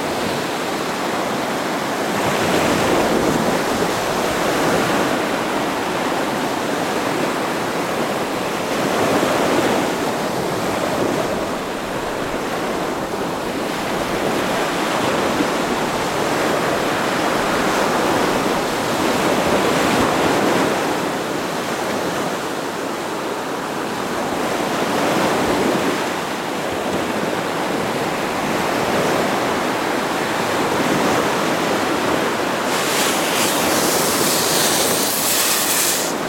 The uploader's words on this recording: Building a Sand Castle: Relaxing Sounds of the Beach. The sound of the waves crashing against the shore. The gentle sounds of sand shifting and the waves washing over.